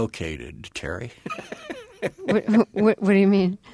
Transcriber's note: soundbite of laughter